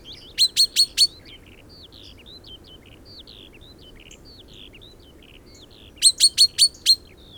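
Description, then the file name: Common chaffinch calls: a quick burst of four sharp, clipped notes at the start and another burst near the end, with soft twittering and whistles between. "Fringilla coelebs"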